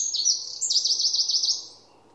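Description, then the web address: Bird trill: a fast series of high, wavering notes, then fading away. "cianscape birddata Deverinetal 2025"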